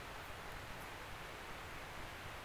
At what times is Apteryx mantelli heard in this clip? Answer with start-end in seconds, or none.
none